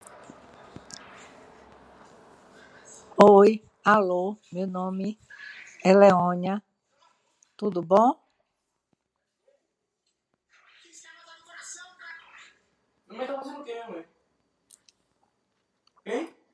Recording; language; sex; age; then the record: spoken sentence; Brazilian Portuguese; female; 50 to 59 years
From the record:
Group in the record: control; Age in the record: 55 years